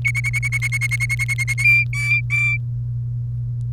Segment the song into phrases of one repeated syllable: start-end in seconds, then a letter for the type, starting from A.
0.05-1.54 A, 1.58-2.57 B